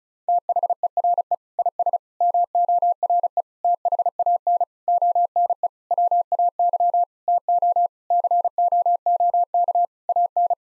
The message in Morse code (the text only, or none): THERE IS MORE THAN ONE WAY TO COOK AN